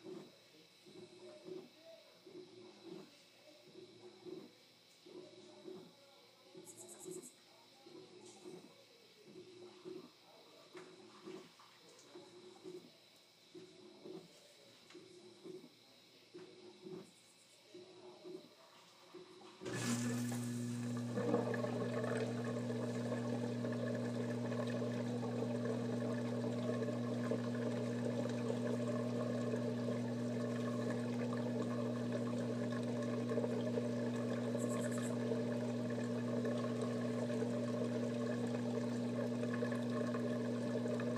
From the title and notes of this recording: ASMR Washing Machine.